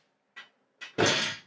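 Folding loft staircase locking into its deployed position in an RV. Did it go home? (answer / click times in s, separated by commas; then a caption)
yes / 1.0 s. A folding loft staircase in a 2026 Forest River Rogue 411STORE RV is pulled down into its deployed position. Two short scraping sounds near 0.4 s and 0.8 s lead into a single loud thunk at 1.0 s that fades over about half a second. The stairs lock into place at 1.0 s.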